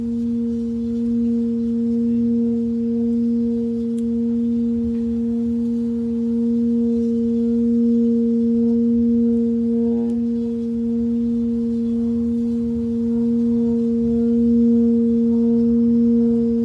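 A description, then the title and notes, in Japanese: A Tibetan singing bowl rings steadily for the whole clip, holding a low hum with a clear higher tone above it and a slow, gentle wavering in loudness. Faint ticks and light rubbing sounds appear now and then, around four and ten seconds. 深夜のシンギングボウルのサウンドヒーリング。チベタンシンギングボウル。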